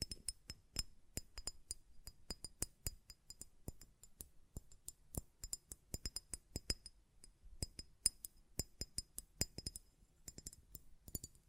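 A glass perfume bottle is tapped in quick, uneven bursts, each a sharp bright clink with a thin ringing edge. The taps come several per second for the whole twelve seconds, some in tight clusters, with a faint low rumble underneath between hits.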